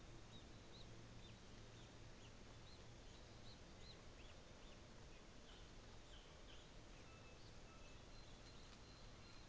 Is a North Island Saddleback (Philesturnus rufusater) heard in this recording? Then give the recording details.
yes. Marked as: faintness 3/5. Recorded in New Zealand on 24 December 2018. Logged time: 13:35